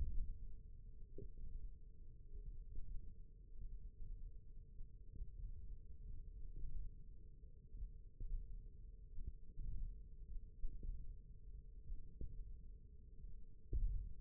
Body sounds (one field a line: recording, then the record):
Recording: forearm muscle sounds (acoustic myography)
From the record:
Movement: thumb flexion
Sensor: system 1, eight BSWA MPA416 microphones around the upper forearm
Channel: 2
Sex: male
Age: 20 years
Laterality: left